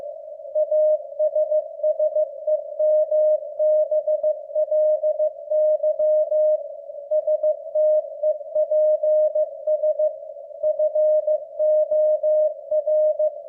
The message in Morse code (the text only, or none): ASSEMBLY STEPS FOR